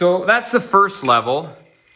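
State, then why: Not seated. Someone talks while handling the raised arm of a QuickJack portable car lift, whose steel safety lock bar is about to drop into its first lock notch. Only speech is heard, fading out near the end; nothing has seated or clicked yet.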